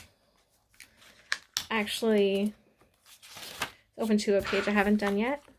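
Someone talks while handling a homemade clear plastic divider tab, cut from planner packaging, that is meant to be pressed onto the discs of a disc-bound planner one slot at a time. Soft rustling and a few short, sharp handling taps come between the words, the loudest near 1.3 s. Nothing has seated or clicked yet.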